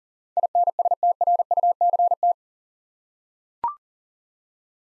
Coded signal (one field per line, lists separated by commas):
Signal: Morse code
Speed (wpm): 39 wpm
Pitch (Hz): 700 Hz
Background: none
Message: INSTRUCT